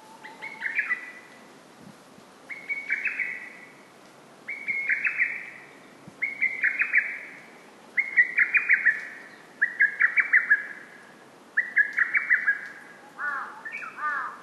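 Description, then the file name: Lesser cuckoo giving a run of eight quick, chattering whistled phrases, each a tumbling burst of several notes, repeated steadily every two seconds over a soft background hiss. "hototogisu"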